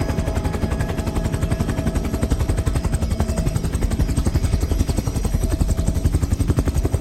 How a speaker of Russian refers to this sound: В небе летит пассажирский вертолет желтого цвета, с синей полосой. Внутри за штурвалом молодой пилот.